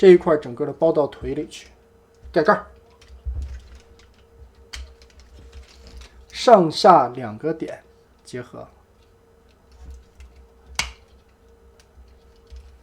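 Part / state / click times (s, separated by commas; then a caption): plastic figure part into the leg assembly / seated / 10.8 s. During the transformation of a Transformers figure, a plastic part is joined at the lower two connection points of the leg assembly and pressed in while someone talks. A single sharp snap at 10.8 s marks the part clicking into place, seated in the leg.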